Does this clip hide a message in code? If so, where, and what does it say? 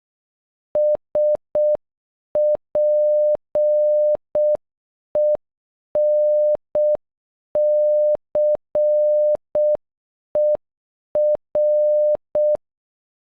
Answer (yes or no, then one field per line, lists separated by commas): yes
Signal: Morse code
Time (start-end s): 0.8-12.6 s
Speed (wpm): 11 wpm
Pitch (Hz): 600 Hz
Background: none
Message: SPENCER